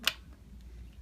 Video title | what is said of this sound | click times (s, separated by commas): trim 4ACAFBE9 D565 4139 9852 772F0E14038E | clicks right in and the | 0.1 s